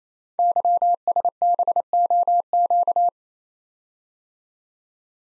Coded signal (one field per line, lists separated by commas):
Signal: Morse code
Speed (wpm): 27 wpm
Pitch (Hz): 700 Hz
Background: none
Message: YSBOQ